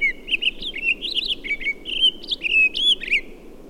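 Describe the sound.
Townsend's solitaire song: an unbroken flow of bright, varied warbling notes jumping up and down in pitch, lasting over three seconds, with steady low hiss behind.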